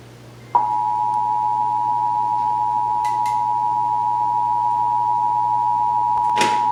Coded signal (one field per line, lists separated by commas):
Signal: Emergency Alert System (SAME) tones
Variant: 853 and 960 Hz attention tone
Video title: (EAS #698-709) June 2024 Texas Required Monthly Test